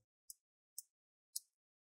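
The top edge of a keyboard is pushed into the palm rest of an HP 15 Notebook 15-f039wm laptop so its clips snap in. Three short, sharp, high-pitched clicks sound at 0.3, 0.8 and 1.4 seconds, with silence between them. The keyboard clips are seated.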